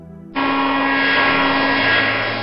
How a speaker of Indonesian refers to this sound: Doni membawa pasah listrik itu ke tempat yang biasa digunakan oleh tukang kayu bekerja. Saat Doni menyambungkannya ke listrik, si pasah listrik berteriak keras sekali.